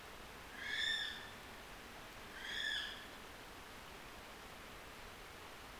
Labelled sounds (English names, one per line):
North Island Brown Kiwi male call